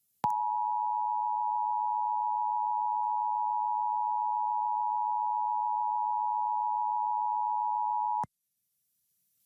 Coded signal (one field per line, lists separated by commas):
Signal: Emergency Alert System (SAME) tones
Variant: 853 and 960 Hz attention tone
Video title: EAS #461-462: NWR and EAS Required Monthly Tests- Feb. 8, 2021- 7:25AM PST